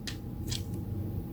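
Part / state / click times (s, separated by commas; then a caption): head of a plastic action figure going into its torso / not seated / none. The plastic head of a Transformers Legacy Evolution Commander class Armada universe Optimus Prime figure is being worked toward its torso after the plastic panels were pushed slightly outward so the head fits through. Two brief, bright plastic scraping ticks come at about 0.1 s and 0.5 s over a low steady background hum. The head has not clicked into place yet.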